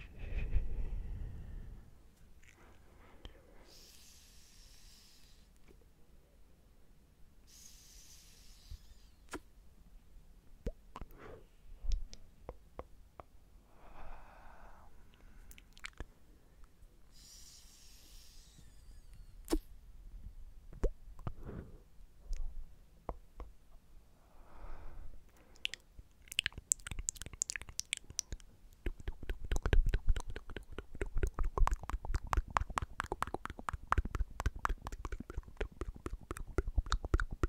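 Quiet vaping: soft airy hisses of drawing and exhaling come in short bursts over the first twenty seconds, with scattered small clicks and a low rumble at the start. After about twenty-five seconds a dense, fast crackle and popping takes over until the end.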